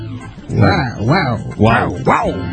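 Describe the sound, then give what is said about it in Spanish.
A person mimics a dog barking with four loud, evenly spaced "woof" sounds, each rising and falling in pitch, delivered alone in a steady rhythm. “Mamá, en el colegio me dicen hijo de perra. Y la madre le responde, wow.”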